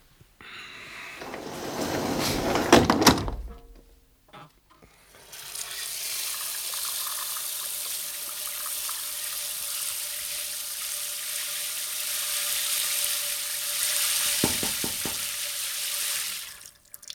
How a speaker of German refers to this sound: Ich dusche mich.